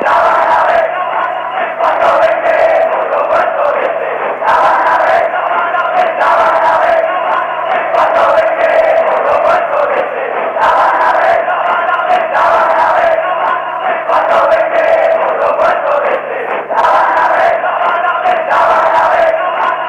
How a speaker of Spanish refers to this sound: Es decir, estaban todas las organizaciones, allí estaba el ER, la FARC, Montoneros, todas las organizaciones armadas coincidían en el mismo canto. Y en la calle de Buenos Aires y del país se escuchaba esto.